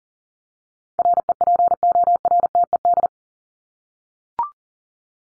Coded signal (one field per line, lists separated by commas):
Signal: Morse code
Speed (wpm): 40 wpm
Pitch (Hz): 700 Hz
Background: none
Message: REPORTED